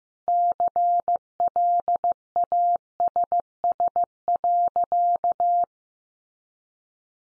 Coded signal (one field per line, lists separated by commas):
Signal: Morse code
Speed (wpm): 15 wpm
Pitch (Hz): 700 Hz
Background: none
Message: CLASS.